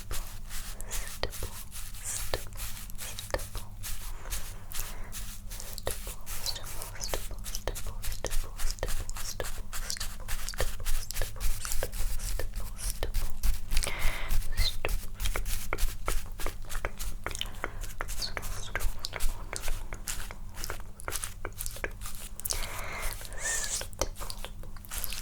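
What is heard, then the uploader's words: Crisp mouth sounds and tongue clicks patter in dense, irregular layers, several overlapping clicks per second for the whole stretch. A steady low hum sits underneath, and the clicking grows a little louder and busier around the middle before easing slightly. Layered Sounds Stipple (Mouth Sounds, Tongue Clicking).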